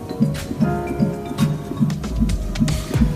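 A fetal heartbeat picked up by Doppler ultrasound: a fast, steady, pulsing whoosh at about 150 beats per minute.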